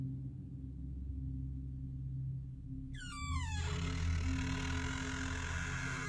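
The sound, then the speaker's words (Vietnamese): A low steady hum runs throughout, then a bathroom door at night gives a short, high, wavering creak that ends in a heavy slam, followed by a louder, noisy rumble. “Cánh cửa nhà vệ sinh rít lên ken két rồi đóng sầm lại.”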